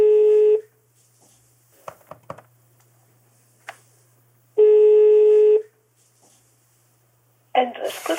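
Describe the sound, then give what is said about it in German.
Telephone dialing and ringing: a few soft clicks and taps sit between two long, steady, buzzy ring tones, each about a second, before a voice briefly starts talking at the end. “Im Telefonbuch finde ich ihre Nummer.”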